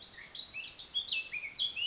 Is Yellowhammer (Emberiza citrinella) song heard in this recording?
no